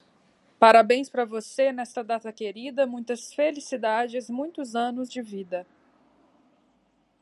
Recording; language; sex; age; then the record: short text; Brazilian Portuguese; female; 30 to 39 years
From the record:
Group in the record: control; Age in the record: 33 years